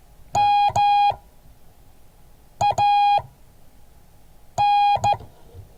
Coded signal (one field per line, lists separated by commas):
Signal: Morse code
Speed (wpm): 15 wpm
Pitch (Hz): 820 Hz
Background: none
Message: MAN